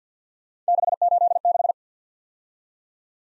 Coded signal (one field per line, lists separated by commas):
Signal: Morse code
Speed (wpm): 52 wpm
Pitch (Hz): 700 Hz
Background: none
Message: 686